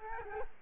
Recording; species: mosquito wingbeat signal from an infrared sensor; Culex quinquefasciatus